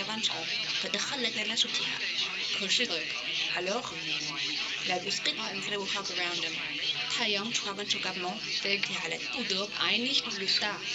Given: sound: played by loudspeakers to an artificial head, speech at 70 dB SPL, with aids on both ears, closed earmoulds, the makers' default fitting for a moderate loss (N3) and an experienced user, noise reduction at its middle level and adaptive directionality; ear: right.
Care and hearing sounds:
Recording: speech test signal (ISTS) in cocktail-party noise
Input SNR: +6 dB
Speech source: in front (0 degrees)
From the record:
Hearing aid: class 1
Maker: A

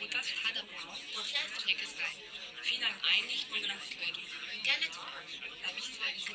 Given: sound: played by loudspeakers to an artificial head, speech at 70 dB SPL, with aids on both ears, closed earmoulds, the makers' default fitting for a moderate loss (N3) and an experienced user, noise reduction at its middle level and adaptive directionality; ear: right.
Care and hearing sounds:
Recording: speech test signal (ISTS) in cocktail-party noise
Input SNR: -6 dB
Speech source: on the right (90 degrees)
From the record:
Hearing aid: class 1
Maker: I

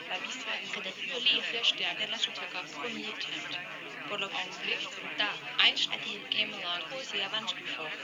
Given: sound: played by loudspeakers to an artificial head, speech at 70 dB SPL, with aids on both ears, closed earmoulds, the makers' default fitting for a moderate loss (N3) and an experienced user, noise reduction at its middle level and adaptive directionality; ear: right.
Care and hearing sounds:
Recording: speech test signal (ISTS) in cocktail-party noise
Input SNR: 0 dB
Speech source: in front (0 degrees)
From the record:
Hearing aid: class 1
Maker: G

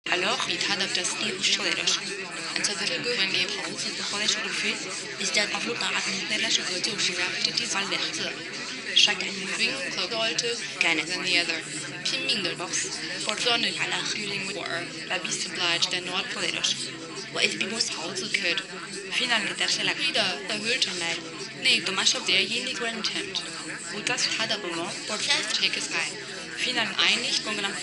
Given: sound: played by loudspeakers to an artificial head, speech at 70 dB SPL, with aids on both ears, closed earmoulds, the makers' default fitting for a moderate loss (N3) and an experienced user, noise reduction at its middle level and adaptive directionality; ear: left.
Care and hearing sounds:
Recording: speech test signal (ISTS) in cocktail-party noise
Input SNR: -3 dB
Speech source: in front (0 degrees)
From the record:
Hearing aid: class 1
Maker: B

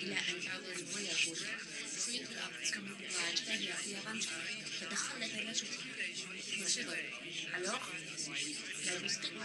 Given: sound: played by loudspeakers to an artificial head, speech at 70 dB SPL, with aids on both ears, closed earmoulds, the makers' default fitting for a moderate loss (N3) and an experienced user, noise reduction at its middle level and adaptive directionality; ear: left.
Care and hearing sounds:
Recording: speech test signal (ISTS) in cocktail-party noise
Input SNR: 0 dB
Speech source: on the right (90 degrees)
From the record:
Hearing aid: class 1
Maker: J

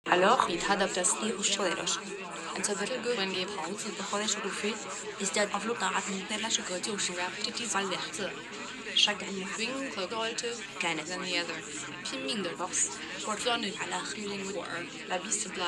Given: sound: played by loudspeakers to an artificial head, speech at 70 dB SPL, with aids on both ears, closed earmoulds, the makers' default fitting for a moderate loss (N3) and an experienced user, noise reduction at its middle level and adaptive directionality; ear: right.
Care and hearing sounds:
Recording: speech test signal (ISTS) in cocktail-party noise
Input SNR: 0 dB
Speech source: on the right (90 degrees)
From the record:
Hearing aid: class 2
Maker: E

